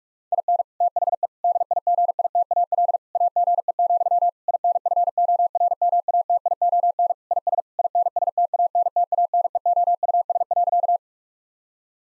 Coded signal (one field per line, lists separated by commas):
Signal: Morse code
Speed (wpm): 42 wpm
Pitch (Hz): 700 Hz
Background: none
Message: IN THE DIGITAL AGE, INFORMATION IS INSTANTANEOUS.